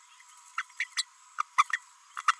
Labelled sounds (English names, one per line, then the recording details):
Green-rumped Parrotlet babbling
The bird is a female
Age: 32 days
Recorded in a nest box in Venezuela
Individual 17B32A5